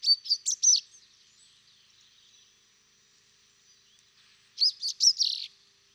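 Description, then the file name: Common chaffinch calls: a quick cluster of high chirps at the start, then silence, then another similar burst of bright notes about four seconds later. "Fringilla coelebs"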